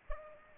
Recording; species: mosquito wingbeat signal from an infrared sensor; Culex pipiens